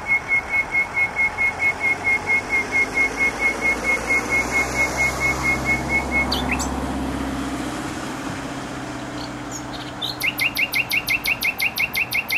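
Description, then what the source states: Nightingale song: a long string of soft repeated whistled pulses on one pitch for about six seconds, then a fast, loud, rattling run of repeated notes, with traffic hum beneath. Singing in bushes close to a noisy motorway, Trasa Toruńska, Bródno-Podgrodzie, Warsaw, Poland; recorded with an Olympus LS-11.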